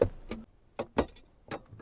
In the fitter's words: And then it just clicks in place, just like that.